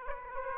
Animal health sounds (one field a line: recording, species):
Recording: mosquito wingbeat signal from an infrared sensor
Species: Aedes aegypti